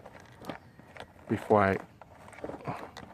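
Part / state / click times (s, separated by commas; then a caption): crimped wire terminal into plastic adapter connector / not seated / none. A green crimped wire terminal is pushed by hand into a small plastic adapter connector that will power a cigarette charger during GY6 scooter body panel assembly. Someone talks over faint scattered ticks and handling rustles. Nothing has clicked or seated, though the terminal is not letting go either.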